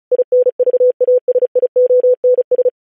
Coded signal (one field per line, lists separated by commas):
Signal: Morse code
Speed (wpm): 36 wpm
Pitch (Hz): 500 Hz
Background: none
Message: INVASIONS